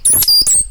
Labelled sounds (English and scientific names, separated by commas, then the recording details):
Stitchbird (Notiomystis cincta) song
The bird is a male
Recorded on Tiritiri Matangi Island, New Zealand, in 2005
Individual 8, of nest box 10